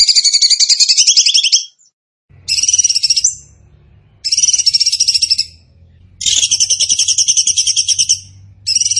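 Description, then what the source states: Bird song: rapid, high, buzzy trilled bursts of about one to two seconds, separated by short pauses, with a faint low hum between them. Bird song in the tembakan gacor style, used as masteran (training for other birds).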